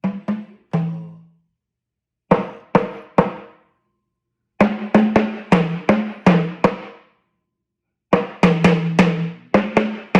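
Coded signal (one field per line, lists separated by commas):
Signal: talking drum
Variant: Yoruba sakara drum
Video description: Playing "Toun t’Erin ni o lọ" with the Yoruba Orunsha Sakara talking drum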